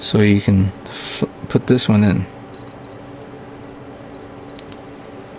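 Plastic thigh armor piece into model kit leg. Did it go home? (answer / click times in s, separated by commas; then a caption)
no / none. A second plastic thigh armor piece is being fitted into a model kit leg, with the neighbouring piece lifted slightly so this one can go in. Someone talks for the first two seconds, then faint handling follows with a few soft ticks around 3.7, 4.6 and 4.7 seconds. Nothing has seated or clicked yet.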